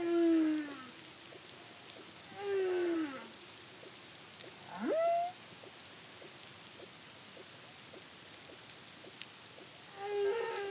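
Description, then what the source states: Humpback whale song: long harmonic moans and falling cries, with one sharp upsweep near the middle, separated by quiet gaps over steady underwater hiss. Song recorded in the Caribbean under the CARIMAM project in 2023.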